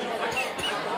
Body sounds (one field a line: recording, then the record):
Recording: coughing mixed with background sound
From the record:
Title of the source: Dry Afternoon Cough